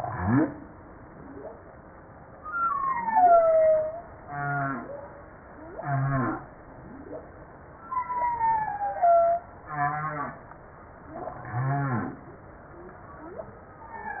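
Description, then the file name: Humpback whale song mixing falling whistles with pulsed, ratchety bursts and short moans, alternating throughout over soft background hiss. Recorded 5 March 1994. "Baleine a bosse 940305"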